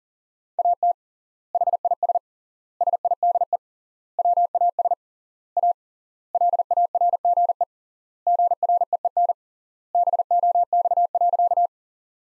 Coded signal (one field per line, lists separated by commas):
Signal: Morse code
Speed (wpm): 37 wpm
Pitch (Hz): 700 Hz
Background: none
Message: AT HIS SIDE WAS A LARGE GREEN BOX.